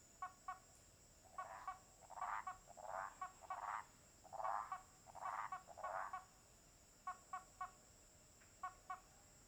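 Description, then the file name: Toads giving bursts of rough, croaking calls about once a second, mixed with short clicking pulses. A steady high insect hum runs throughout. Several toads at a lake at nightfall. "Sapos no lago inicio da noite com estalos de madeira, grilos e cigarras longe"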